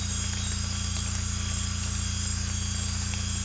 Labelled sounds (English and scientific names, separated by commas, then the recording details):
none
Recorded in secondary vegetation near Puerto Asís, Putumayo, Colombia, on 18 December 2024 at 01:30
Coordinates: 0.485, -76.322
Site GP08